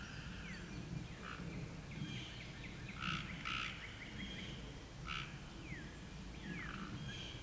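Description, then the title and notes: Cope's gray treefrog calls: short harsh buzzy trills recurring every second or two, with faint sliding chirps and a steady low rumble beneath. Recorded in Arkansas, United States. "Cope's Gray Treefrog-AR by Christie Mullen"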